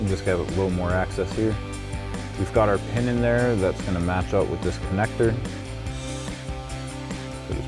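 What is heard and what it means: Someone talks over background music while lining up a spark plug wire connector with the pin on a new ignition coil pack from a performance ignition coil kit for a 2014-2025 V8 Silverado 1500, plugging it in before the coil pack is mounted. Nothing has been pushed in or clicked yet.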